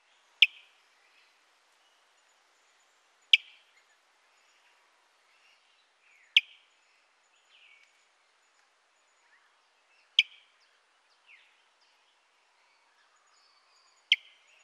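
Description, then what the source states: Graceful honeyeater giving single sharp, snapping notes roughly every three to four seconds, each followed by a softer slurred note. Recorded in Papua New Guinea.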